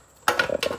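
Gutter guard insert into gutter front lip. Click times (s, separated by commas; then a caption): 0.3 s. A gutter guard, a mesh filter insert, is pressed into the lip on the inside of a gutter before being fastened to the back of the gutter. It snaps in with a sharp click at 0.3 s, followed by a few smaller clicks and rattles around 0.4 s and 0.6 s. The guard is seated in the lip.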